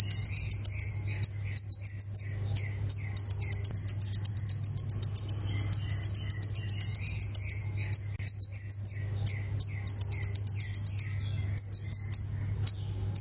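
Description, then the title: Plain prinia singing repeated fast runs of high ticking notes, several per second, punctuated by short thin whistled phrases, steady low hum in the background. "Ciblek Sawah"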